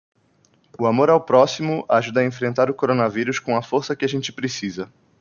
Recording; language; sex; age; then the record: spoken sentence; Brazilian Portuguese; male; 20 to 29 years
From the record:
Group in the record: control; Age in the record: 22 years